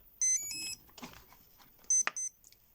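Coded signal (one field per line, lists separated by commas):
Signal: beep code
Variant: Hobbywing ESC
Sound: three rising power-up tones, some rustling, then 2 short beeps near 2 kHz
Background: handling noise, click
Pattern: 2 short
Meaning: Two beeps confirm the throttle's maximum point during calibration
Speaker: So servo tester is maximum. I connect the battery.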